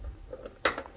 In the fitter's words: until it clicks some of the cheaper SATA cables do not click just be aware of that that's